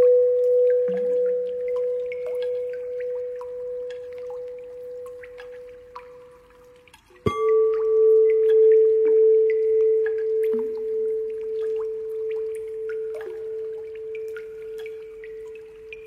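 A singing bowl rings out in one long, wavering tone, is struck again near seven seconds, and sparkling high drip-like plinks scatter throughout.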